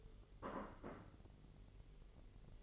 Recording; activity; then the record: daily activity, microphone in the room; place plate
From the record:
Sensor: 4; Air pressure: 1002.9 hPa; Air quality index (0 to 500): 247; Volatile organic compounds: 20 ppm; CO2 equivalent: 2684 ppm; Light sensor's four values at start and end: 5/12/4/5 and 5/12/4/5